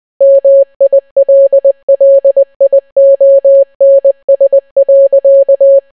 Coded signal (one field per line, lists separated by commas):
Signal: Morse code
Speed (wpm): 20 wpm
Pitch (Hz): 550 Hz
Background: none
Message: MILLIONS.